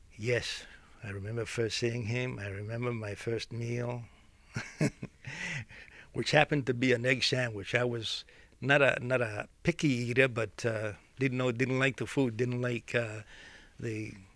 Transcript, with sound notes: Yes, I remember first seeing him. I remember my first meal. ( he laughs ) Which happened to be an egg sandwich. I was not a picky eater, but didn't know, didn't like the food, didn't like, uh, the